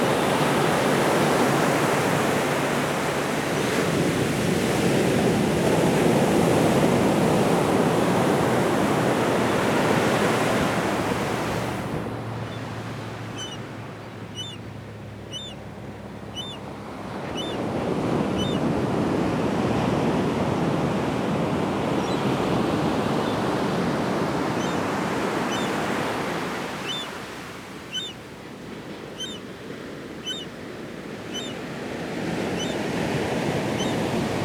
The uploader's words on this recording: Beach Sounds. Rosalie and I hiked El Moro Canyon trail today and I also returned to the beach to make some recordings. This is one I made while walking along the beach. I was able to get some seagull sounds this time.